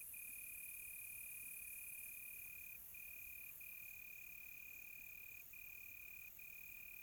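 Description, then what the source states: Cricket giving a long, steady trill broken by only a few brief pauses, over a dense high-pitched background chorus of insects. Crickets on a quiet tropical night, recorded close.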